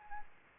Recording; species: mosquito wingbeat signal from an infrared sensor; Anopheles arabiensis